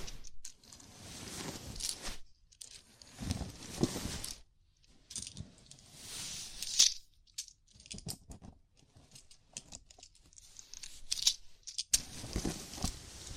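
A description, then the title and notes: A scalp massage gives irregular scratchy rustling bursts of fingers through hair, with short quiet gaps and a few brighter crackles near seven and eleven seconds. ASMR Sleepy Scalp Massage (No Talking).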